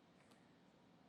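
The reassembled squeegee assembly, fitted with new squeegee blades, is handled at its mount on a Taski Swingo 1850 floor scrubber, about to be pressed down into place. Steady broadband noise runs throughout, with a brief hiss near 0.3 s. Nothing has seated or clicked yet.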